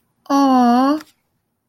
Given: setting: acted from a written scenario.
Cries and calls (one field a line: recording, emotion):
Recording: vocal sound without words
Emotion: sympathy